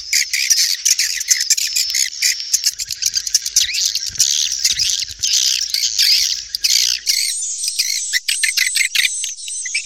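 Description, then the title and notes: Swiftlet chatter, a dense wash of high-pitched chirps and clicks, thinning into separate repeated twitters toward the end. Swiftlet sound used for swiftlet bird farming in Asia. "Swiflet Bird Sound. Farming Swiflet Bird asia sound"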